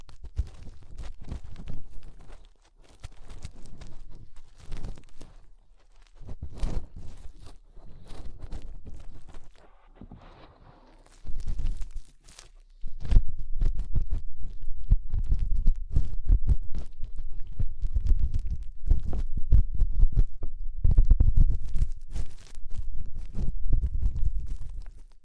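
Fingers rubbing and pressing inside an ear make dense, muffled low thumps and scratchy rustles, sparse at first, then continuous and busy after twelve seconds.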